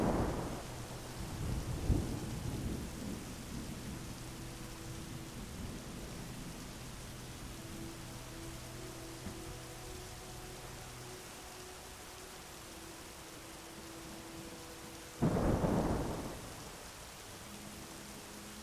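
A storm with steady soft rain hissing throughout. Low thunder rumbles at the start, with a heavier burst near two seconds, then returns around fifteen seconds. Faint sustained tones, like a quiet melody, drift underneath in the middle stretch.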